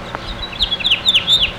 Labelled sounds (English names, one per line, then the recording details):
House Finch song
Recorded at Baldwin on Long Island, New York, on 28 May 2013
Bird I